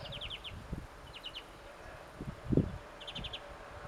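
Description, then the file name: European Greenfinch calls, short quick trilled bursts of four or five notes, separated by pauses, with soft low thumps and quiet background noise. "Chloris chloris"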